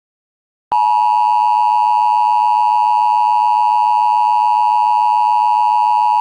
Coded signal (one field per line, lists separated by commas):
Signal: Emergency Alert System (SAME) tones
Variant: 853 and 960 Hz attention tone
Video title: (EAS scenario) The Radioactive Spill